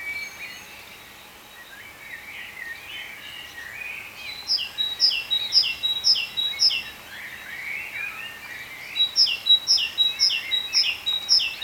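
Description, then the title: Birds twittering quietly, then rapid runs of bright, high chirps repeated about twice a second, pausing briefly before a second run. "cizici, birds"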